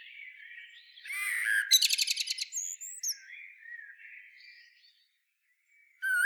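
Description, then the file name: Common blackbird song with a quiet warble, a rapid string of dry high ticks, scattered thin squeaks, silence, then a fresh loud fluty note. "Turdus merula"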